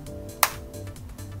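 The plastic outer cover of a Diskus dry-powder inhaler is rotated open on the inhaler body. It clicks sharply into its open position at 0.4 s, a short, bright snap that rises well above a quiet background. It is followed only by faint low noise and a softer sound near the end.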